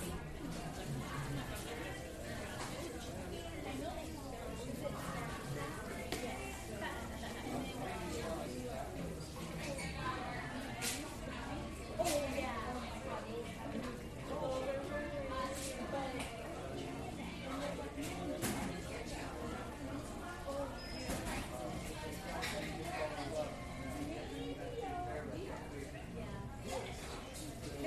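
Coffee shop sound with a steady wash of overlapping voices, many conversations blending into one constant murmur. Short sharp clinks and clatters break through every second or two. A low hum runs underneath throughout, and the overall level stays even.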